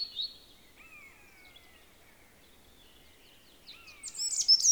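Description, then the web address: European robin song with long, thin, drawn-out descending whistles between brief high twitters, ending in a burst of very high jumbled notes. "SETE data Erithacus rubecula"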